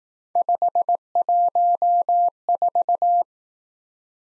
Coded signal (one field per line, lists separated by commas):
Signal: Morse code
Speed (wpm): 18 wpm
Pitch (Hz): 700 Hz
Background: none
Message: 514